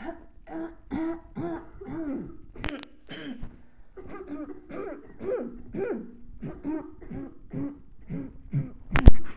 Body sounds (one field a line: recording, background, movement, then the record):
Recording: throat clearing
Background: a bystander coughing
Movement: sitting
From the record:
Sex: female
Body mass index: 21.8 kg/m2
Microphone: on the chest, facing the body